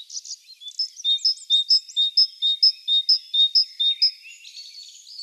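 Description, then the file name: Great tit song: a steady run of ringing two-note phrases repeated roughly twice per second, with a brief twittering lead-in. "Parus major"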